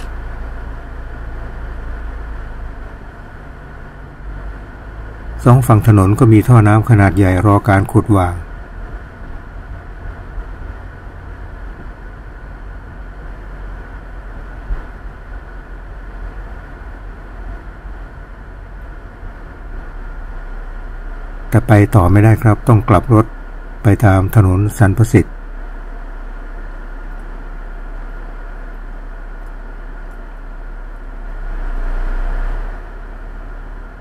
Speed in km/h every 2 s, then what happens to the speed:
6, 10, 19, 21, 23, 25, 24, 24, 22, 18, 11, 7, 6, 3, 2, 2, 0.
0-11 speeds up to 25. 11-27 slows to 2. 27-34 standing.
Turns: none.